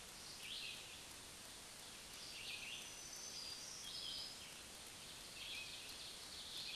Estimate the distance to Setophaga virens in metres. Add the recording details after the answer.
about 50 m. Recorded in a Pennsylvania forest on 1 June 2023 at 07:43. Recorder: AudioMoth, point grid3_17_high. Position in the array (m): 162 m, 137 m